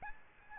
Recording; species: mosquito wingbeat signal from an infrared sensor; Aedes albopictus